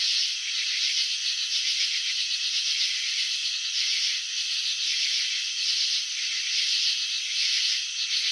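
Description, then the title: Crickets chirping in a dense, continuous high-pitched trill that pulses steadily without pause, with no other clear sounds. Crickets chirping, presented in a slow-motion video. "Crickets in Slow Motion 📷. Capturing the Elegance of Chirping"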